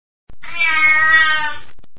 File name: Cat